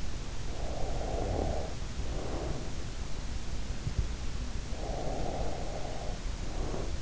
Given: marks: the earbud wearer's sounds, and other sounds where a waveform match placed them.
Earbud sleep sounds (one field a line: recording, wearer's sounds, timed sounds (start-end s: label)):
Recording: sounds in sleep by an in-ear microphone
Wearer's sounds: breath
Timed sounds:
0.74-2.74 s: breath
4.81-7.01 s: breath